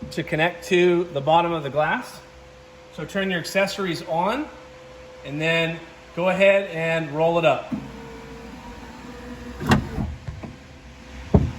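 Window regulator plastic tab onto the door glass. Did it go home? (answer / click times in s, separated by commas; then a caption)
yes / 11.4 s. On a Fiat 500 Abarth with a new window regulator and motor fitted, the window is powered up so the white plastic regulator tab rises to the bottom of the door glass. Someone talks over a steady hum, then a motor whir follows. A sharp snap at 11.4 s marks the tab seating onto the glass.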